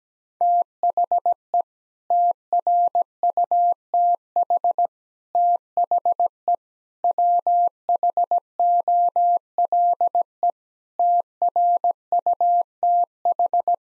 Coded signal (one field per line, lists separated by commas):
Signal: Morse code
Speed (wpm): 17 wpm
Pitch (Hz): 700 Hz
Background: none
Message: THE TRUTH THE WHOLE TRUTH